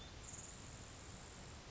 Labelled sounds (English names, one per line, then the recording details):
Grasshopper Sparrow
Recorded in Sonoma County, California